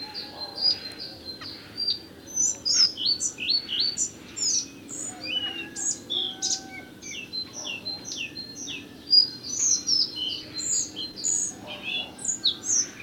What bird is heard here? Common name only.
Collared Flycatcher